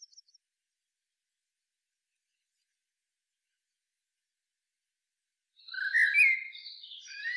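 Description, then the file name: Eurasian blackbird song phrase arriving after a long silence: a low fluted warble followed by high, scratchy twittering notes. "Turdus merula"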